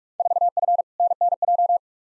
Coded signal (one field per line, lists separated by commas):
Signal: Morse code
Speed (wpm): 47 wpm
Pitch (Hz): 700 Hz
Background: none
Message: 4F NNJ